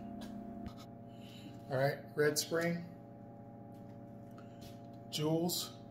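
A loaded magazine or bolt assembly with a red spring is handled and fitted into an FSC carbine conversion while someone talks over a steady low hum. Nothing has seated or clicked yet; the clip ends just before the part goes home.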